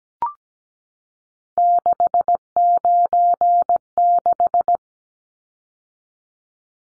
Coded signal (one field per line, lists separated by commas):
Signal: Morse code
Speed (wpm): 17 wpm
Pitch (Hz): 700 Hz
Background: none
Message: 696